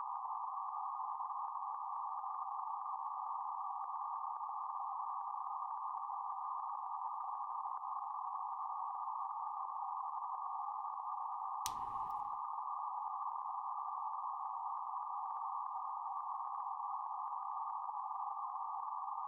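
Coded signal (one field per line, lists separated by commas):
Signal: PSK31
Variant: BPSK31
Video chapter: 0:20 KN4KQJ DE KF5NRU BPSK31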